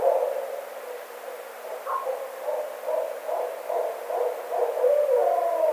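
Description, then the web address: Barred owl giving quick, pulsing low hoots several per second, one higher note near the middle, and a drawn-out wavering note to close. Recorded 9 April 2009. "Barred Owl 2009 04 09"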